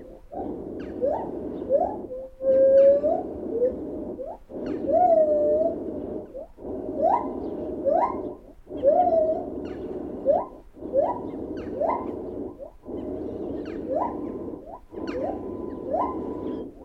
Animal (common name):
Lar Gibbon